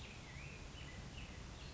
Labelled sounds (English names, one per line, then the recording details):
Black-headed Grosbeak
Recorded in Sonoma County, California